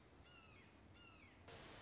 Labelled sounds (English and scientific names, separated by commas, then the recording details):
Red-shouldered Hawk (Buteo lineatus)
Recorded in Sonoma County, California